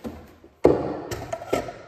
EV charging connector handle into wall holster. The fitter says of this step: to hold the cable so it'll just lock into place like this and it'll hold that on the wall separate from the unit